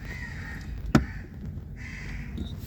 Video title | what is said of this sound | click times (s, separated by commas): How to replace parking sensors on Kia Sportage | Push firmly until the two side tabs snap into place, holding the sensor securely. | 0.9 s